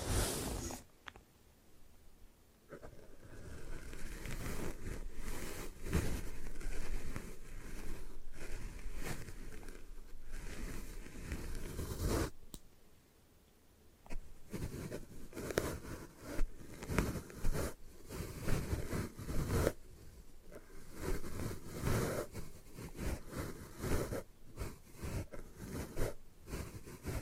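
Hair washing and brushing sounds fill the stretch with dense, rustling scrapes and wet crackles, repeated in quick strokes. The texture is bright and busy, with short quieter pauses near 1, 12 and 20 seconds before the scratching and swishing pick up again.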